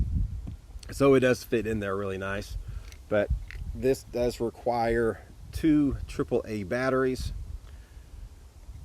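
Two AAA batteries are being handled for the battery compartment of an LED candle while someone talks, with faint sharp hits near 0.5 and 7.7 seconds. Nothing has seated or clicked yet; the batteries are not yet home in the compartment.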